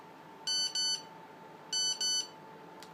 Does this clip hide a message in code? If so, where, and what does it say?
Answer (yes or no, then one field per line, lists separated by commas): no